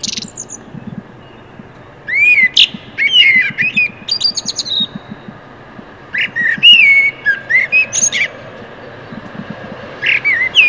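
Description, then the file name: Common blackbird song: mellow warbled phrases broken by high squeaky twitters, in several bouts. "Turdus merula"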